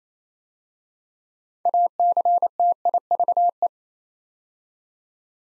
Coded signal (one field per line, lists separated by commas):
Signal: Morse code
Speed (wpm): 27 wpm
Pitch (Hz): 700 Hz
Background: none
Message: ACTIVE